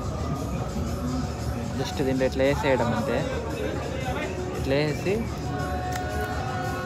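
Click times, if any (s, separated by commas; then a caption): none. At a fair shooting stall, a pellet is dropped into an air gun's breech while someone talks over music and background chatter. The air gun action has not yet closed, and nothing has seated or clicked yet.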